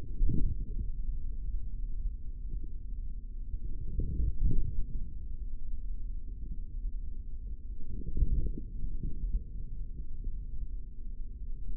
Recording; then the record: forearm muscle sounds (acoustic myography)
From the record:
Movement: forearm pronation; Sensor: system 3, bracelet of six PUI Audio POM-2738L microphones around the upper forearm, with dedicated amplification and filtering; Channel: 4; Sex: male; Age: 25 years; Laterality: right